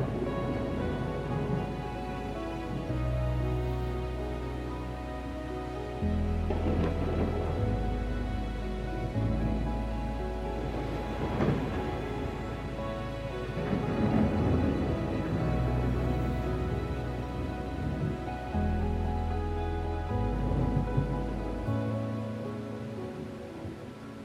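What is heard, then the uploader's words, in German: Gentle classical music plays over a thunderstorm, with steady rain hissing throughout. Low, sustained bass notes shift every few seconds beneath a softer melody, while rumbles and crackles of thunder swell around 7, 11, and 15 seconds before the sound fades near the end. GEWITTER und sanfter MUSIK. Klängen von Donner und Regen sowie sanfter klassischer Musik.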